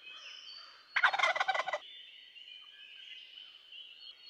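Wild turkey gobbling once, a dense rattling burst of under a second.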